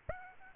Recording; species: mosquito wingbeat signal from an infrared sensor; Aedes aegypti